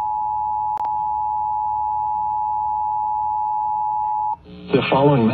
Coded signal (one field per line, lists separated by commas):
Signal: Emergency Alert System (SAME) tones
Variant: 853 and 960 Hz attention tone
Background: speech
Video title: Amber Alert Chattanooga,TN relayed via KIG79 Nashville,TN on 103.3 WKDF